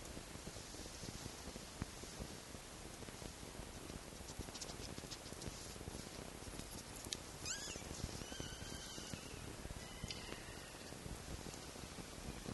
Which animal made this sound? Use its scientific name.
Vulpes vulpes